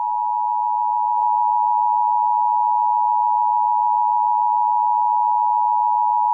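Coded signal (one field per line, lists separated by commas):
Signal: Emergency Alert System (SAME) tones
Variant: 853 and 960 Hz attention tone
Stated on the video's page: Simulated EAS scenario using genuine EAS tones.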